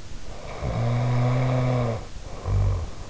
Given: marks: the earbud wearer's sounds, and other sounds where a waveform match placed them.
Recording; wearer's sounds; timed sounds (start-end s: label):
sounds in sleep by an in-ear microphone; snoring breath
0.33-3.09 s: snoring breath